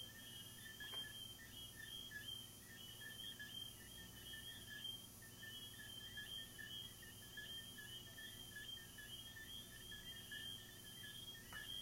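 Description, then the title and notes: Crickets chirp steadily in overlapping pulsed trills, a higher shrill band and a lower one running unbroken, with a faint hiss beneath and soft taps near the start and end. Crickets recorded in the recordist's garden, presented as relaxing ASMR. "These are relaxing asmr crickets from my garden"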